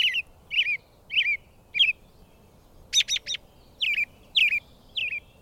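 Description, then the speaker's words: American Robin song: a steady string of short, caroling whistled phrases with a brief burst of higher, squeakier notes midway, then more rising-falling phrases; quiet steady background. Song described as cheery. "The young birds aren't singing yet, but the American robin parents still find time to fill the air with their cheery song."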